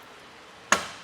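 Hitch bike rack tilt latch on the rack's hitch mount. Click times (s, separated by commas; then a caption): 0.7 s. A Kuat NV 2.0 hitch bike rack for two bikes on a 2023 Hyundai Ioniq 6 is pushed up from its tilted-back position. After a quiet stretch, a single sharp, bright click sounds at 0.7 s and fades quickly. The tilt latch on the hitch mount locks the rack in the upright, seated position.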